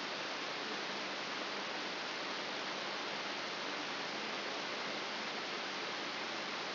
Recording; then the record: brain microelectrode recording played as sound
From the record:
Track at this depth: inside the subthalamic nucleus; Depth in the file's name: 1.005 mm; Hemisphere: left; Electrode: 3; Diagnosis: Parkinson's disease